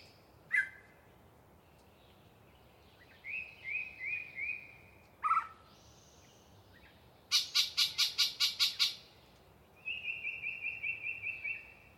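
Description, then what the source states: Yellow-breasted chat singing sharp yelps, several whistled notes, a burst of loud harsh chatter, then a rapid even string of whistles. Particularly chatty bird giving a long pre-dawn soliloquy in deciduous cover near the microphones.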